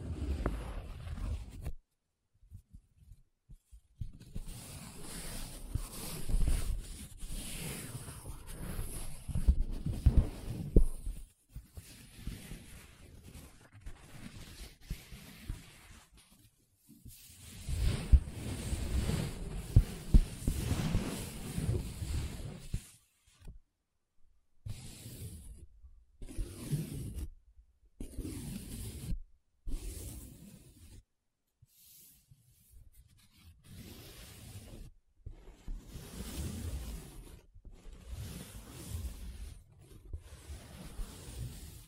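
Paper being rubbed, scratched and traced in bursts separated by short silences. Longer busy stretches around 4–11 and 17–23 seconds carry dense, rough scraping with low thumps, while the later part breaks into brief, choppy strokes and pauses.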